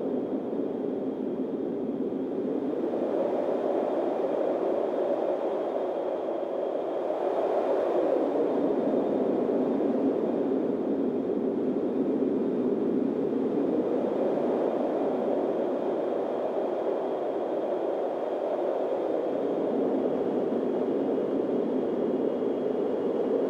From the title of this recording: Wispy Windstorm Ambient Noise